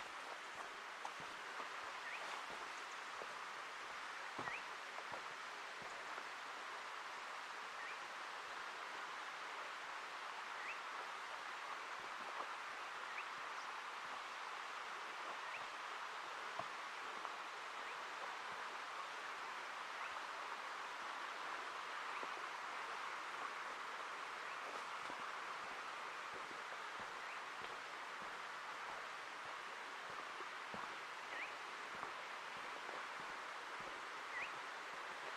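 Ambience in the Ancient Forest Preserve, a forest annex in Portland, Oregon: a steady, dense hiss centered in the mid and upper range runs throughout, like distant traffic or moving water. Scattered faint clicks and brief ticks break through irregularly, with occasional sharper taps.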